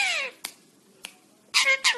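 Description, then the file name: Parrot giving short descending harmonic squawks at the start and end, separated by sharp clicks and silence. "singing parrot"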